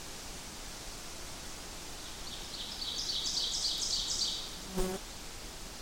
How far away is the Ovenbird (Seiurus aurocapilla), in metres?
about 35 m